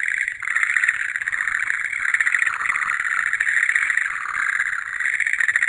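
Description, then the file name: Frogs calling together in a dense, vibrating trill with faint surges, continuous throughout. "kaeru"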